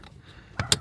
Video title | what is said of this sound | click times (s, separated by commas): How to replace Nissan Rogue cabin air filter 3rd gen 2021 to 2025 ( T33 ) | And that clips on like that. | 0.6 s, 0.7 s